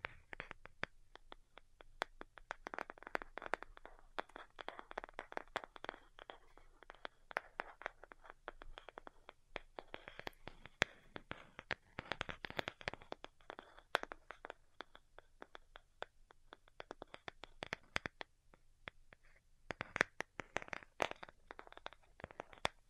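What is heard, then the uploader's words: Delicate tapping runs through the whole clip as a dense, uneven stream of light, crisp clicks, some bunched in quick flurries and others spaced out. The taps are bright and sharp, with a soft low hum underneath and brief quieter gaps. ASMR DELICATE Tapping for Sleep (No Talking).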